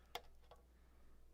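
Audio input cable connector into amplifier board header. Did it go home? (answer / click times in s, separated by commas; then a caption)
yes / 0.2 s. A small JST XH-style audio input cable connector is pushed into its header on the amplifier board of a Klipsch RSW-10D subwoofer being repaired. A sharp tick at 0.1 s shows it seating, followed by a softer tick around 0.5 s over a steady low hum, with no talk in the clip. The connector is seated.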